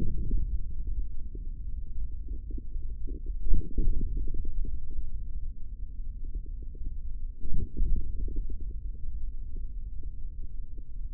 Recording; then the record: forearm muscle sounds (acoustic myography)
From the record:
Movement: hand closing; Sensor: system 3, bracelet of six PUI Audio POM-2738L microphones around the upper forearm, with dedicated amplification and filtering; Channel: 6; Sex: male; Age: 43 years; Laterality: right